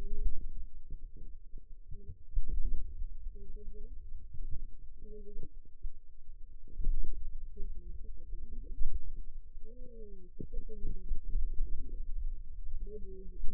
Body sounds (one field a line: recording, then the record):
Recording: forearm muscle sounds (acoustic myography)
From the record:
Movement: pen grasping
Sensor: system 2, bracelet of six BSWA MPA416 microphones around the upper forearm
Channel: 2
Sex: female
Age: 21 years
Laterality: right